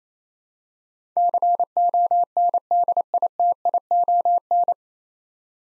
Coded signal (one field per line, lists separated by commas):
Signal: Morse code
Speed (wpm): 28 wpm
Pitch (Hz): 700 Hz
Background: none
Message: CONDITION